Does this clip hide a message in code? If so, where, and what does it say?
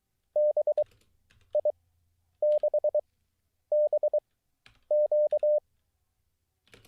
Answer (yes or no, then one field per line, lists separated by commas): yes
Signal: Morse code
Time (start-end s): 0.4-5.6 s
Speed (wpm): 23 wpm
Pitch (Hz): 600 Hz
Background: none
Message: BI6BQ